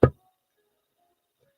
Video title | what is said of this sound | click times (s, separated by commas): Deluxe Yule Collection - Unboxing | nope didn't snap but that's okay | none